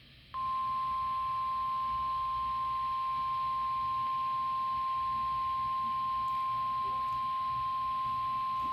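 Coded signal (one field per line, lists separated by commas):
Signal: Emergency Alert System (SAME) tones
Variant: 1050 Hz attention tone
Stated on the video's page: Real severe thunderstorm watch received from NOAA weather radio station in Oklahoma City.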